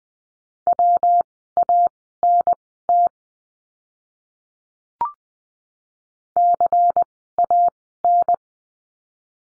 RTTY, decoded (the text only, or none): none